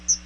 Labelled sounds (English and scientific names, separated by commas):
Chestnut-sided Warbler (Setophaga pensylvanica) flight call